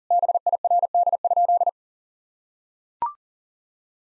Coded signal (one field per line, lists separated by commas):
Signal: Morse code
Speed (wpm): 40 wpm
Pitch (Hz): 700 Hz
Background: none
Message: BIRD?